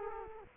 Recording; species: mosquito wingbeat signal from an infrared sensor; Culex quinquefasciatus